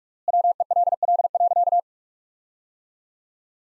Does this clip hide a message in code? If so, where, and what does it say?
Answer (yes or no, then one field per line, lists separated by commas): yes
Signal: Morse code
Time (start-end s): 0.3-1.8 s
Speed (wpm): 46 wpm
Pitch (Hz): 700 Hz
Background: none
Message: WELL.